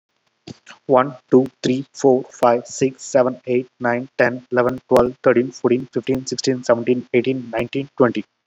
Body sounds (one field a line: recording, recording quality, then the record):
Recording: counting at a fast pace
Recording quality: excellent, no background noise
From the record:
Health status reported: COVID-19 positive, mild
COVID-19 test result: positive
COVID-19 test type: RT-PCR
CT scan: not taken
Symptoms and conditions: fever, diarrhoea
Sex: male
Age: 33 years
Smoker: no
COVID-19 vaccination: one dose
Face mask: worn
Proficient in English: yes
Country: India